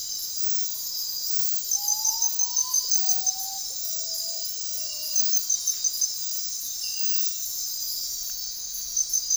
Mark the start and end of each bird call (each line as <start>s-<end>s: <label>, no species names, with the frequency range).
1.68s-5.25s: bird call (0.2-1.2 kHz)